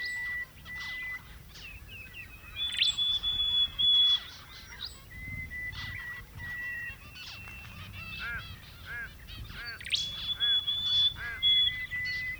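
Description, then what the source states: Zebra finch chatter of short nasal calls and beeps, with level whistled tones stepping between two pitches and occasional louder bursts. More than one zebra finch.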